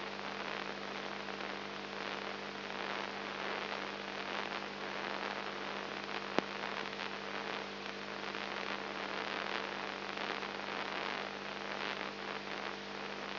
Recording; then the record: brain microelectrode recording played as sound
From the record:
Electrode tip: inside the subthalamic nucleus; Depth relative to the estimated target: -2.5 mm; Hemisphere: left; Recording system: AlphaMap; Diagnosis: Parkinson's disease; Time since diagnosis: 14 years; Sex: male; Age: 59 years